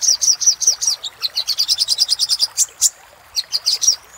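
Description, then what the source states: Little spiderhunter song of quick, piercing chip notes repeated several times a second, a short gap, then another burst. Used for training cage birds.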